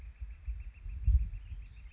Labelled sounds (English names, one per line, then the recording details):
Northern Flicker
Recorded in Sonoma County, California